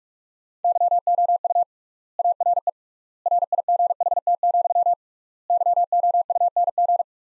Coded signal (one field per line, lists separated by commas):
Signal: Morse code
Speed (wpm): 42 wpm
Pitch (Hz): 700 Hz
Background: none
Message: YOU ARE RIGHT, YOUNG